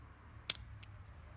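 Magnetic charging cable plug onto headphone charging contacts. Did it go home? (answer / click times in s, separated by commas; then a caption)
yes / 0.5 s. The magnetic end of a USB charging cable is touched to the charging contacts on a pair of RELAXYO open-ear air conduction headphones; the plug only fits on one way. It snaps on with a sharp, bright click at 0.5 s, followed by a much fainter tick at about 0.8 s over a low background hum. The magnetic connector is seated on the contacts.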